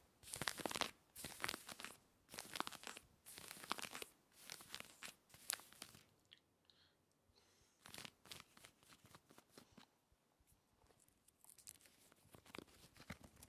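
Rough scratching at denim jeans, in quick, dense bursts of harsh rasping strokes through the first six seconds. The scraping then thins into softer, sparser rubs and small crinkles, before picking up again in scattered, lighter strokes toward the end.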